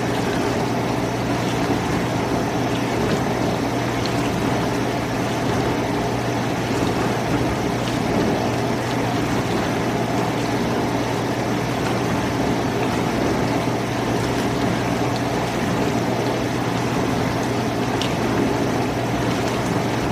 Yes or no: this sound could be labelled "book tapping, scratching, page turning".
no